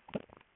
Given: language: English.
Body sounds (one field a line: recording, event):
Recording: throat vibration sensor signal played as sound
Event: swallow